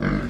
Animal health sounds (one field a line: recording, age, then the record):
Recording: pig call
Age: growing-finishing pig (85 days or more)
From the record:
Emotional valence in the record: negative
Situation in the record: barren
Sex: male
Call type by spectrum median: low-frequency call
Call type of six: low-frequency stable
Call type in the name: low-frequency stable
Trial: 4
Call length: 0.29 s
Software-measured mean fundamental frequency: 62 Hz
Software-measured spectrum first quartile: 180 Hz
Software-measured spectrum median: 341 Hz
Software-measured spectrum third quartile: 1113 Hz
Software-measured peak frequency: 197 Hz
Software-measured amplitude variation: 152 dB a second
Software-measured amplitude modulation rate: 29.0 a second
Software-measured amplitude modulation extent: 5.2 dB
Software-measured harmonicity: 1.1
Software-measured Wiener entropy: -1.80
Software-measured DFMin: 858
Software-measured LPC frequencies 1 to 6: 1466, 2077, 3233, 4388, 5307, 6806 Hz